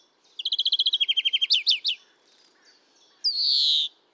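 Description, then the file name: European greenfinch with a rapid rattling trill, then a few swooping notes, followed after a pause by a long, drawn-out buzzy wheeze. "Chloris chloris"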